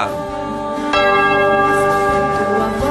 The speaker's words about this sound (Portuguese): Vai lá, sacristão, toca o sino, homem, vai lá.